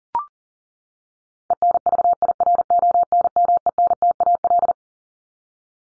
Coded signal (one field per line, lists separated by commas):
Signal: Morse code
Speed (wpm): 40 wpm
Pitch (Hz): 700 Hz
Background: none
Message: ENVIRONMENTAL